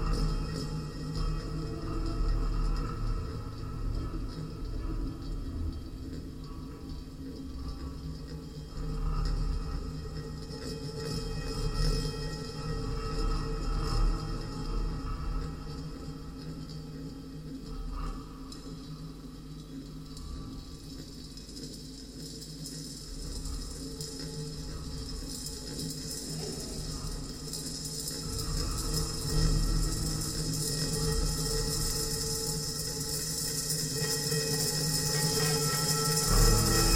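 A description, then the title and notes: A small metal ball rolls in circles around the inner wall of a gong, making a continuous rolling rumble. Steady ringing tones hang over it throughout. The sound swells and fades gently in loudness and grows brighter and louder in the last ten seconds. A small metal ball (Pi!) rotates (circular, ergo Pi) on the inner walls of a gong to which a Korg CM-300 contact microphone is attached.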